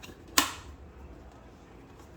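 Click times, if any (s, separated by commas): 0.4 s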